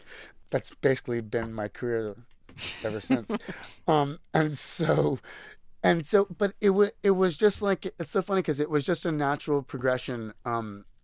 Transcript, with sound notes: That's basically been my career ever since.
(LAUGHTER)
And so - but it was just like - it's so funny, because it was just a natural progression.